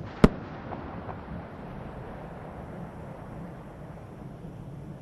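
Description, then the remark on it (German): Twin sonic booms from the space shuttle Atlantis arriving at the launch site before dawn as it goes subsonic for the last time: one sharp, loud crack right at the start, followed by a couple of faint thuds and a steady low rumble that lingers for several seconds. “Piercing the pre-dawn sky as the space shuttle announces its arrival at the launch site with its signature sound of twin sonic booms having gone subsonic for the last time.”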